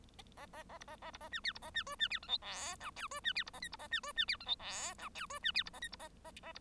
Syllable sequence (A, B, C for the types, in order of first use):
A A A B A A B A C D B A C E C D F G H I J E C D B A K B A C E C D F G H I J E C D B A K B A A A B